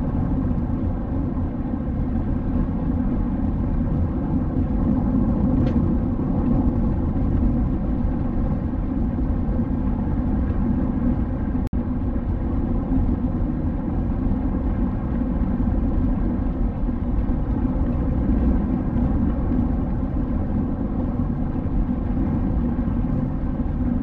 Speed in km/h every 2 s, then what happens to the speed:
87, 87, 87, 87, 87, 88, 88, 88, 87, 87, 87, 85.
0-24 steady at about 87.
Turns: none.